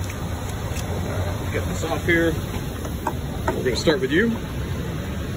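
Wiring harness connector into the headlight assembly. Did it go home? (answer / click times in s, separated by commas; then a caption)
no / none. Someone talks while handling a wiring harness connector for the headlight assembly of a 2018–2021 Freightliner Cascadia truck during a headlight replacement, with low background noise throughout. A few brief sharp handling sounds occur, but the connector has not yet seated or clicked into the headlight assembly.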